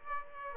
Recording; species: mosquito wingbeat signal from an infrared sensor; Aedes aegypti